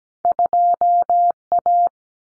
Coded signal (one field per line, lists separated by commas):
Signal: Morse code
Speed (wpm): 17 wpm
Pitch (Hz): 700 Hz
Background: none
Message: 2A